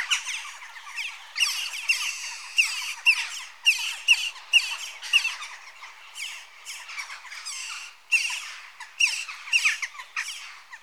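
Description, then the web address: Western jackdaws calling in bursts: clusters of bright, sharp chacks separated by brief lulls. Adult birds. "BBC Sound Effects Library (Birds) Jackdaw (Corvus Monedula) Adults"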